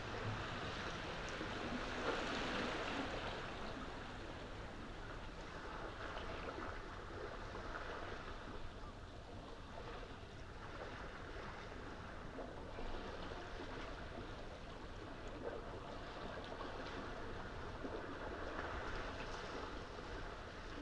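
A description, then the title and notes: Waves break sedately against rocks in a steady, dense wash that never drops away. A slightly louder swell rises around two seconds in, then the rushing settles into an even, hissing roar with soft low rumbling beneath, continuing unchanged to the end. Midnight waves at the foot of the sea fort. Only the waves can be heard, as they break sedately, upon the rocks. We went back to Nothe Fort in Weymouth at the start of April and made another overnight recording.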